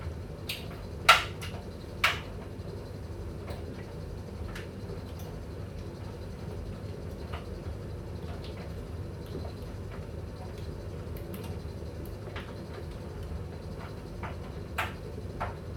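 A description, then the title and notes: An electric dryer runs with a steady, low hum and a soft rushing noise that never changes. Sharp knocks land near the first and second seconds and again near the end, with lighter ticks and clicks scattered throughout, like objects tumbling in the drum. Electric dryer white noise. The gentle hum of the dryer. The rhythmic sound of the clothes tumbling and the soft whir of the machine.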